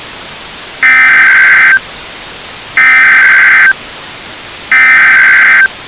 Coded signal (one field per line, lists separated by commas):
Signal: Emergency Alert System (SAME) tones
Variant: header bursts